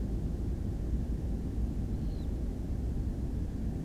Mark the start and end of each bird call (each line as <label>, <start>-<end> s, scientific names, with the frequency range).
Calidris alpina (2.9-4.6 kHz), 1.94-2.27 s